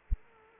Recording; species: mosquito wingbeat signal from an infrared sensor; Aedes aegypti